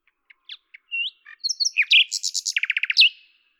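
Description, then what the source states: Common nightingale song: scattered soft clicks building into varied chirps and a rapid repeated trill ending on a sharp note. At Lavours, France, on 10 May 1998; Tascam DAP-1 with Télingua microphone, edited in Samplitude 5.1.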